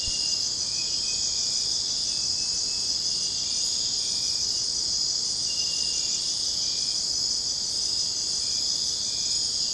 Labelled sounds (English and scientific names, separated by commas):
none